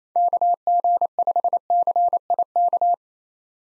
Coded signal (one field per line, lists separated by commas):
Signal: Morse code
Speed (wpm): 29 wpm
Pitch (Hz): 700 Hz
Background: none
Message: KG5CIK